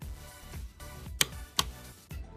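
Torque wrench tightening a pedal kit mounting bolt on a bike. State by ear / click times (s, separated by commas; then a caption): torque reached / 1.2 s, 1.6 s. A torque wrench set to 25–30 Nm tightens a bolt on the mount of a KANIWABA pedal kit on a motorbike frame, over steady background music. Sharp clicks at 1.2 s and 1.6 s show the wrench reaching its set torque.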